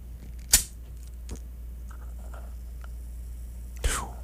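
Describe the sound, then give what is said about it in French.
Soft, faint crackling fizz of bubbles in a freshly opened bottled drink, with a few tiny pops scattered throughout and two sharp clicks near the start and end. No one speaks. “On entend les bulles. T'entends-tu le pétillant?”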